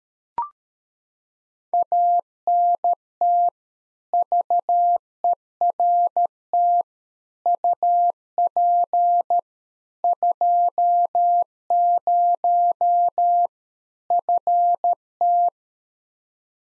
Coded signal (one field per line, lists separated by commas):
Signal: Morse code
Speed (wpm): 13 wpm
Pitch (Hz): 700 Hz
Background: none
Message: ANT VERT UP 20 FT